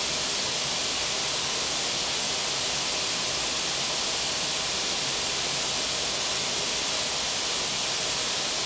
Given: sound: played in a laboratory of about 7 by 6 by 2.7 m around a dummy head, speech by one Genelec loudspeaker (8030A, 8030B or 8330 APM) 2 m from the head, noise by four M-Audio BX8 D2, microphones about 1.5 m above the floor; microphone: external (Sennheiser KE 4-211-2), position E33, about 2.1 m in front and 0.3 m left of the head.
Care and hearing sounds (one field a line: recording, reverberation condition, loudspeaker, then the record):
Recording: white noise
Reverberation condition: high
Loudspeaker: four, about 170 cm from the corners of the room and facing them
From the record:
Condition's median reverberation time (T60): about 1300 ms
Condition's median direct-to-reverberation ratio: about -4.0 dB